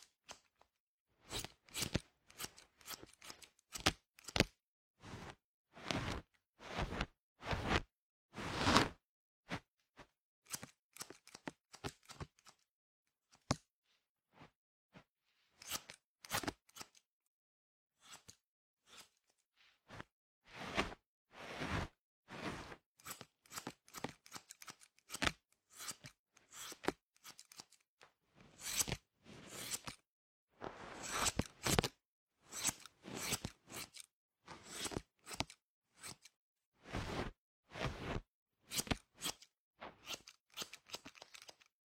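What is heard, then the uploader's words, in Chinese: Scissors snip close to the ear in a pretend haircut, crisp bright clicks coming in quick clusters of several cuts. Short silent pauses separate the bursts throughout, and a few softer, fainter snips fall between the louder ones. 姐姐给你的小耳朵理个发。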